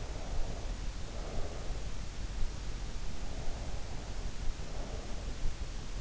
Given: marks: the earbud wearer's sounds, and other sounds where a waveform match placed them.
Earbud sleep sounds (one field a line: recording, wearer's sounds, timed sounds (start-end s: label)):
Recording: sounds in sleep by an in-ear microphone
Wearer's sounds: breath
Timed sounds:
0.01-1.97 s: breath
3.26-5.54 s: breath